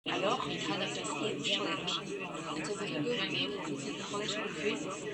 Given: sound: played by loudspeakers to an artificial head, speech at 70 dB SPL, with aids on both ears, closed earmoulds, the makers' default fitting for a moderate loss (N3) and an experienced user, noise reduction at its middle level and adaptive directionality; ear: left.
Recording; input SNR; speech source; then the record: speech test signal (ISTS) in cocktail-party noise; -3 dB; on the right (90 degrees)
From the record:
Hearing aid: class 1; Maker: C